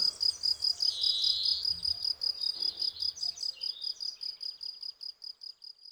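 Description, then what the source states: Field cricket stridulation, regular high pulsed chirps, with a brief burst of another higher sound early on and a soft low rumble. Field crickets singing in a garden lawn, Val Maravel, 18 April 2020; singing for three days, fresh new wings giving clear stridulation; Nagra Seven recorder, MKH40 cardioid microphone.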